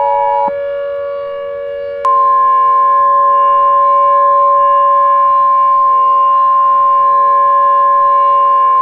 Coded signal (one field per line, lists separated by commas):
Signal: Emergency Alert System (SAME) tones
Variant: 853 and 960 Hz attention tone